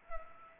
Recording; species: mosquito wingbeat signal from an infrared sensor; Culex pipiens